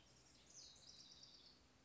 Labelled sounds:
House Wren (Troglodytes aedon)
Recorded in Sonoma County, California

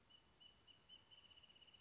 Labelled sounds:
Wrentit (Chamaea fasciata)
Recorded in Sonoma County, California

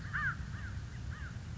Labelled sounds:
American Crow (Corvus brachyrhynchos)
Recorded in Sonoma County, California

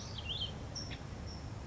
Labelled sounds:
California Towhee (Melozone crissalis)
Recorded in Sonoma County, California

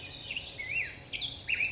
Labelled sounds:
Black-headed Grosbeak (Pheucticus melanocephalus)
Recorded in Sonoma County, California

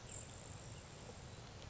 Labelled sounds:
Grasshopper Sparrow (Ammodramus savannarum)
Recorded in Sonoma County, California

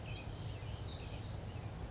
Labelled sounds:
Western Flycatcher (Empidonax difficilis)
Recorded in Sonoma County, California

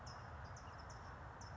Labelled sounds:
California Towhee (Melozone crissalis)
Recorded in Sonoma County, California

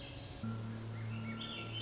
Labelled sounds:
Swainson's Thrush (Catharus ustulatus)
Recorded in Sonoma County, California

